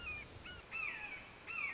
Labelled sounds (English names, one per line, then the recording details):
Red-shouldered Hawk
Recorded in Sonoma County, California